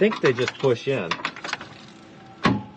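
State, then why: Seated. A metal transmission cooler line fitting is pushed into its port on a truck while someone talks, followed by a few faint clicks and rustles. A sharp, loud snap at 2.5 s confirms the line has seated in place.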